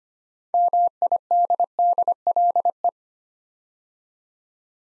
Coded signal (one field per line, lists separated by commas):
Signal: Morse code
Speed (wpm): 25 wpm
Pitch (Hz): 700 Hz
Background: none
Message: MIDDLE